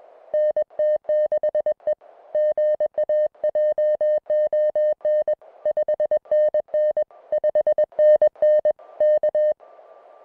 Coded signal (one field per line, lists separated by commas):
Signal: Morse code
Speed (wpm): 21 wpm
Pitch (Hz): 610 Hz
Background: music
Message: NT6E GA JON 5NN 5NN K